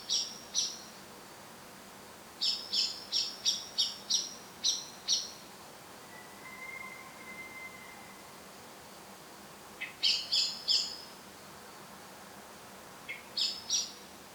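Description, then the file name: Common blackbird giving sharp, high clipped call notes in bursts of varying length, from a pair to a long run, with gaps between bursts; a faint steady whistled tone sounds midway. "Turdus merula"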